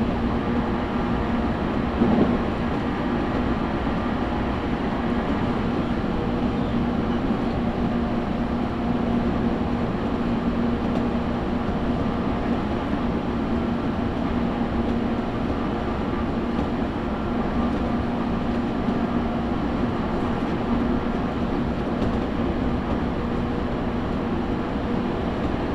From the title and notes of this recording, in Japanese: 東海道本線 浜松→豊橋。6:20発の豊橋行きに乗車して。多少は通勤通学ラッシュにも入りこみます。